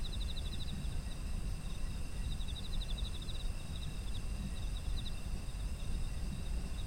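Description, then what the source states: Insects trilling in quick pulsed bursts, several spaced throughout, layered over a steady high-pitched chorus and low background noise. Ambient sound of autumn insects.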